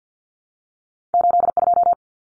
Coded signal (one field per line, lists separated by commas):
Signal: Morse code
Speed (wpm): 50 wpm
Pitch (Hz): 700 Hz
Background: none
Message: 82